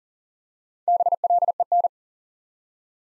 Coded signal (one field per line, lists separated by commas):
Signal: Morse code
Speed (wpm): 38 wpm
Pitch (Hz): 700 Hz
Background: none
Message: BLEN